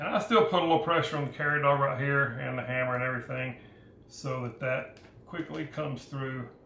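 Someone talks while holding pressure on the carrier dog and hammer of a Remington 1100 shotgun trigger group, lining up the steel retaining pin to push it through the trigger group housing. No knock or click is heard, and nothing has seated yet.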